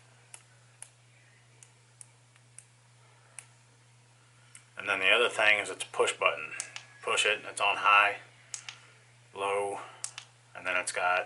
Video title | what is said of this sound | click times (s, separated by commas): Are Braun & AutoCraft Work Lights Worth It? Find Out Here! | this head clicks into place as it moves i don't know if you can hear that | 0.3 s, 0.8 s, 2.0 s, 2.6 s, 3.4 s